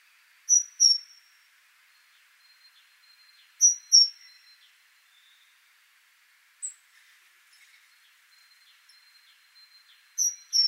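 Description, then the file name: Great tit giving three high two-note phrases, plus a single sharp note midway, against a soft continuous background hiss. "Parus major"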